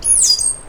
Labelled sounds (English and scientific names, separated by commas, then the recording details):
Stitchbird (Notiomystis cincta) song
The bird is a male
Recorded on Tiritiri Matangi Island, New Zealand, in 2005
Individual 12, of nest box 16